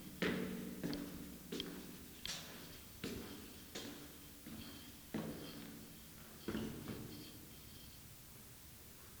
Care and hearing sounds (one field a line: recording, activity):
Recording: daily activity, guitar pickup as the sensor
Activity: go downstairs